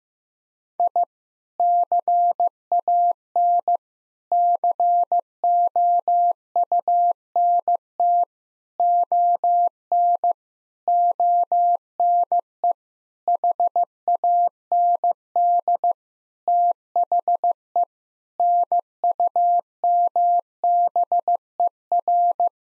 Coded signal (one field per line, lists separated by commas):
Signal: Morse code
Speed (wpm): 16 wpm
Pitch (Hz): 700 Hz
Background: none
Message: I CAN COUNT ON ONE HAND THE NUMBER